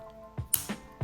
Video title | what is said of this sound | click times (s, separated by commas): Benchmade 275 Adamas Complete Disassembly and Reassembly | with a satisfying snap. | 0.5 s